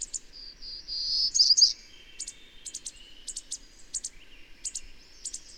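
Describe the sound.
Bird calling: a louder high phrase, then several short, very high chirps at irregular intervals.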